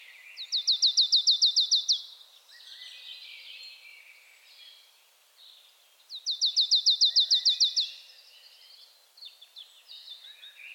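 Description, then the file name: Marsh tit giving two fast, even series of about twelve sharp down-slurred chips, about six seconds apart, with softer twittering between. "Poecile palustris"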